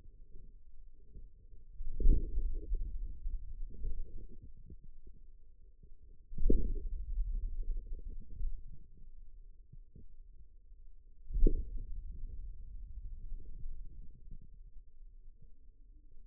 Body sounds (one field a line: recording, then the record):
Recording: forearm muscle sounds (acoustic myography)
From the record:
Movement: hand closing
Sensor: system 2, bracelet of six BSWA MPA416 microphones around the upper forearm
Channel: 4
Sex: male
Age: 22 years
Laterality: right